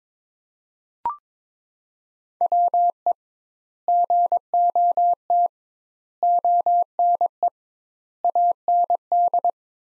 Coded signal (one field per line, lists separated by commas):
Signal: Morse code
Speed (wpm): 22 wpm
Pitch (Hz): 700 Hz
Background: none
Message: WE GOT ONE AND